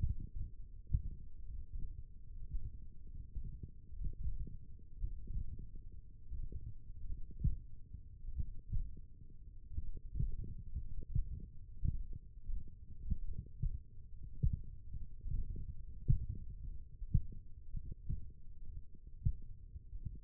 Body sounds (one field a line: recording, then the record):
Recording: forearm muscle sounds (acoustic myography)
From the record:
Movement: finger pinch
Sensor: system 1, eight BSWA MPA416 microphones around the upper forearm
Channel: 2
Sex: male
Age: 23 years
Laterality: right